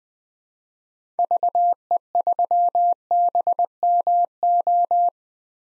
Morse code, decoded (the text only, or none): VE3BMO